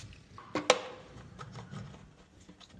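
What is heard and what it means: A further wiring loom connector on a motorcycle, fitted during a restrictor kit install, is pushed into its mating connector. A soft contact sound comes just before a sharp plastic click at 0.7 s, followed by faint handling noise. The connector is seated and confirmed in.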